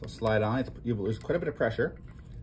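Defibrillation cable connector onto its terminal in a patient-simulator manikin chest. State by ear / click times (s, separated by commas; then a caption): not seated / none. Someone talks while a defibrillation cable connector is slid back onto its terminal inside the chest of a Laerdal SimMan 3G, 3G Plus, Essential or SimMan ALS patient-simulator manikin during a chest lung sounds repair, and it takes quite a bit of pressure. The clip ends before the connector goes home, so nothing has seated or clicked yet.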